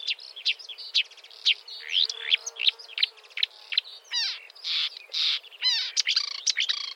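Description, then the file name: Marsh warbler song: loud, varied phrases mixing sharp chips, buzzy notes and rapid descending trills, delivered in fast, irregular bursts. "suara kicauan burung marsh warbler. omkicau"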